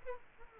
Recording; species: mosquito wingbeat signal from an infrared sensor; Aedes aegypti